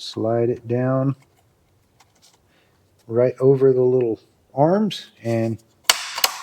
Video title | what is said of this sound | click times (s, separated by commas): How to install a large screen radio in Toyota Rav4 with Carplay and Android Auto (Binize is easy!) | push it, and you'll hear the satisfying click that it's in place. There it goes, and | 5.9 s